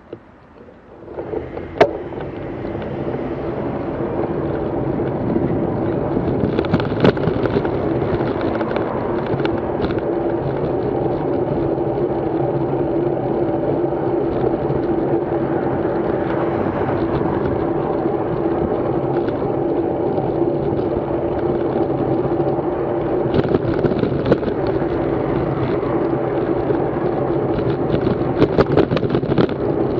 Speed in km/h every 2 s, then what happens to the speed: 17, 22, 20, 27, 24, 26, 24, 22, 26, 26, 27, 25, 24, 26, 19.
0-5 speeds up to 27. 5-21 steady at about 26. 21-30 slows to 19.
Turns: none.